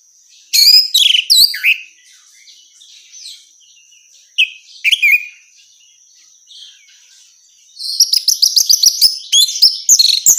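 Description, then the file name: Orange-headed thrush song in varied phrases of sweet whistles and sharp chirps, separated by short pauses, ending in a fast rattling twitter. A constant thin high hum sits underneath. Female; recording meant for therapy or training. "suara terapi anis merah betina"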